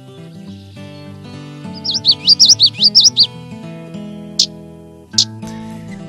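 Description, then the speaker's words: Common yellowthroat song, one quick run of repeated rolling high phrases over steady low music, followed by two short sharp notes. Meadow or field bird, bright yellow with a black mask; song remembered as 'witchery, witchery, witch'. "You can remember because it's dressed up for Halloween, and its call is Halloween-y too. It says, witchery, witchery, witch"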